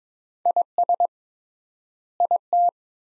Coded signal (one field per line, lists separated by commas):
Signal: Morse code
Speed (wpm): 22 wpm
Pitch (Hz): 700 Hz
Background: none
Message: IS IT